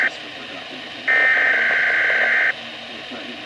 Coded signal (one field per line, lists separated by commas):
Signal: Emergency Alert System (SAME) tones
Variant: header bursts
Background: speech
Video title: Weatheradio Canada - Required Monthly Test (EAS #6)